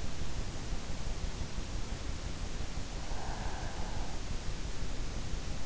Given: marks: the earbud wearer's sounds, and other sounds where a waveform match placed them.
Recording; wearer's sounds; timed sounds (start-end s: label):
sounds in sleep by an in-ear microphone; breath
2.89-4.49 s: breath